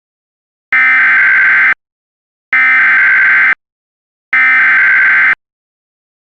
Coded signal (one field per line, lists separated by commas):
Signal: Emergency Alert System (SAME) tones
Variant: header bursts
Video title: EAS - Your Average SVR I guess